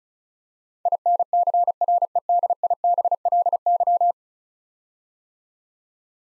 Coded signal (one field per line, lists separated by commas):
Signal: Morse code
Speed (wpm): 36 wpm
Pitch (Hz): 700 Hz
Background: none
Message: INCREDIBLY